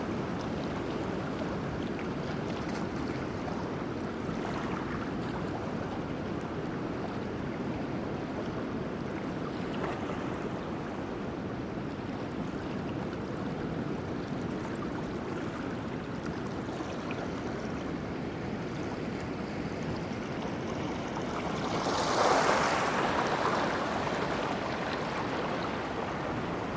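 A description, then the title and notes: A steady, dense roar of ocean surf on the Pacific coast fills the whole recording, heavy in the low and middle range with a constant churning hiss. Around twenty-two seconds a brighter, louder wash briefly rises above it before settling back. Beard's Hollow. Recorded August 25th, 2022 at Cape Disappointment on the Pacific Coast in Washington.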